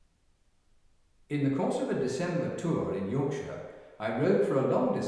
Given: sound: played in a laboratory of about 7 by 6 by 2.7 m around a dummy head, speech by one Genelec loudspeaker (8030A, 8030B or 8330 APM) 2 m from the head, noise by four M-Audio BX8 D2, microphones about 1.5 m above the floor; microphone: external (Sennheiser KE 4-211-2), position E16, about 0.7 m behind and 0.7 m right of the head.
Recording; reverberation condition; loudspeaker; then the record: male speech in English; high; 90 degrees to the right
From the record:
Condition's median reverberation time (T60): about 1300 ms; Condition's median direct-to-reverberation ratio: about -4.0 dB